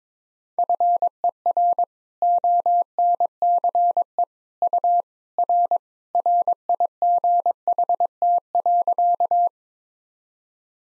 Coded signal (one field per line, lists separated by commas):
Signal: Morse code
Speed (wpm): 22 wpm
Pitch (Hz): 700 Hz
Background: none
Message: FER ONCE U R RIGHT.